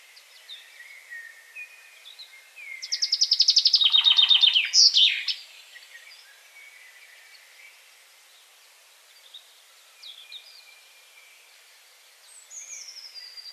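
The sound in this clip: Common chaffinch song: one loud cascade of repeated notes ending in a terminal flourish, with soft twittering of other birds around it.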